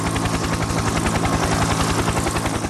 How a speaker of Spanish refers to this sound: Apareció una nueva generación de helicópteros. En cabeza estaba el Huey, el Bell UH-1. Como ambulancia voladora, llegó a tiempo para la guerra de Vietnam.